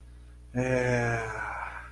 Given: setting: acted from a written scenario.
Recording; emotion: vocal sound without words; romantic love